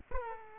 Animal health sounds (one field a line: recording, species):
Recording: mosquito wingbeat signal from an infrared sensor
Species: Aedes aegypti